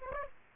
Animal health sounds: mosquito wingbeat signal from an infrared sensor; Aedes aegypti

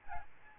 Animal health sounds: mosquito wingbeat signal from an infrared sensor; Aedes albopictus

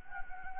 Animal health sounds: mosquito wingbeat signal from an infrared sensor; Anopheles gambiae

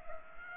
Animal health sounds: mosquito wingbeat signal from an infrared sensor; Culex pipiens

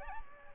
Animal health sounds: mosquito wingbeat signal from an infrared sensor; Aedes albopictus

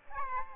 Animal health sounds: mosquito wingbeat signal from an infrared sensor; Aedes aegypti

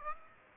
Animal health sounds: mosquito wingbeat signal from an infrared sensor; Aedes aegypti

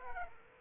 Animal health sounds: mosquito wingbeat signal from an infrared sensor; Aedes aegypti

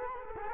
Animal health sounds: mosquito wingbeat signal from an infrared sensor; Culex quinquefasciatus

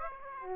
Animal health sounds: mosquito wingbeat signal from an infrared sensor; Aedes aegypti

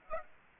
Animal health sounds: mosquito wingbeat signal from an infrared sensor; Aedes aegypti

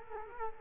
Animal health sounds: mosquito wingbeat signal from an infrared sensor; Culex quinquefasciatus

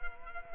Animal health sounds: mosquito wingbeat signal from an infrared sensor; Culex quinquefasciatus

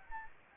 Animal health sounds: mosquito wingbeat signal from an infrared sensor; Anopheles gambiae

